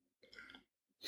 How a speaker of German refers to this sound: Möchte auch jemand sich räuspern?